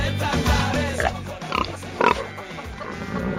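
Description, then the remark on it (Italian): Pigs grunt and oink in a steady jumble on a farm with goats, with a few louder squealing bursts rising above a low, dense rumble of animal noise, in a TV segment showing Di Pietro among the goats and pigs. “L'imperdibile Di Pietro in mezzo alle capre e ai maiali.”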